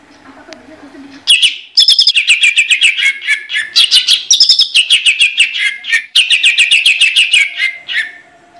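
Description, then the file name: Leafbird song, a continuous, fast torrent of varied chirps, trills and whistled notes after a short quiet start, barely pausing for seven seconds. Competition-winning bird at national level. "suara cucak ijo juara nasional"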